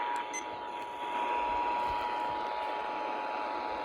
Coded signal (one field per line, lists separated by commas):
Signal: Emergency Alert System (SAME) tones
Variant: 853 and 960 Hz attention tone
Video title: OKLAHOMA TESTED TWICE... EAS Tests from June 2024 (EAS #4,471 - 4,532)